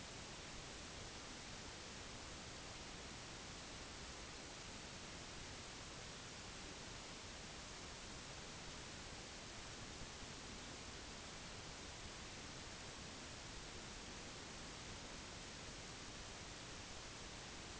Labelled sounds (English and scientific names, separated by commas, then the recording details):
none
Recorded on Arctic tundra, site NAIT-1, on 30 June 2019
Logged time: 06:00